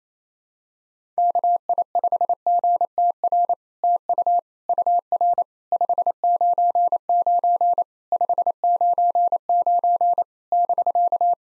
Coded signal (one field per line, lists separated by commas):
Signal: Morse code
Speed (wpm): 28 wpm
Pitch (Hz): 700 Hz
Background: none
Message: KI5GTR TU UR 599 599 <BK>